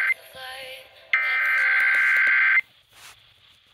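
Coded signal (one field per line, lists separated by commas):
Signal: Emergency Alert System (SAME) tones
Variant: header bursts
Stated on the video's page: KDKA tests.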